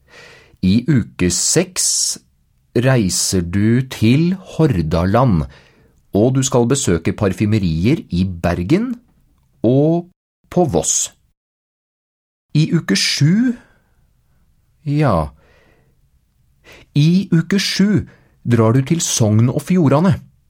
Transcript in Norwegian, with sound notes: I uke 6 reiser du til Hordaland, og du skal besøke parfymerier i Bergen og på Voss. I uke 7 (pause, tenker), ja, i uke 7 drar du til Sogn og Fjordane.